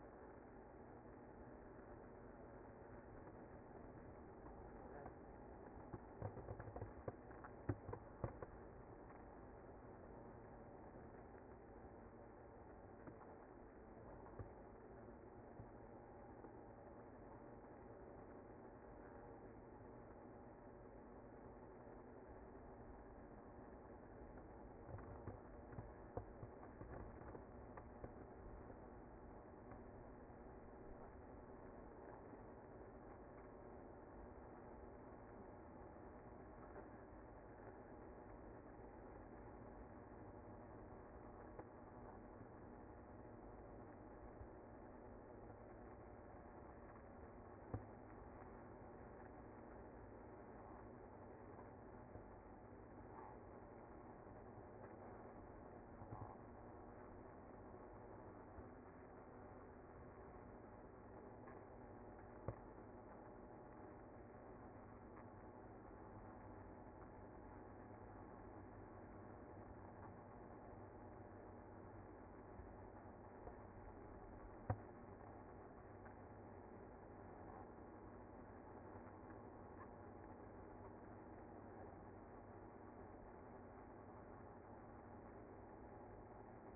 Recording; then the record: honeybee colony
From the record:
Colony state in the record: active